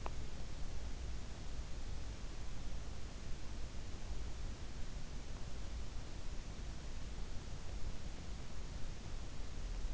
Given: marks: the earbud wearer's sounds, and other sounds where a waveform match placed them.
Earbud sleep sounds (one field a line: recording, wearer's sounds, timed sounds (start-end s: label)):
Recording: sounds in sleep by an in-ear microphone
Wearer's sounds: teeth grinding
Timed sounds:
0.00-0.17 s: teeth grinding